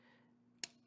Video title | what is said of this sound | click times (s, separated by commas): Transformers Legacy Dragstrip Review | can see how all of this is about to line up and click into place so just go ahead | 0.6 s